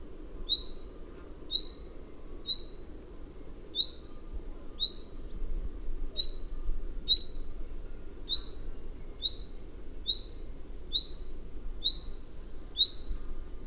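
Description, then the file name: Common chaffinch repeating brief bright call notes, roughly one per second, over faint low background hum. "Fringilla coelebs"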